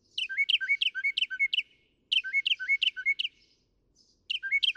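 Northern mockingbird song: bouncing two-part chirps, high then lower, repeated in quick runs of five or six, the phrase given twice and begun a third time.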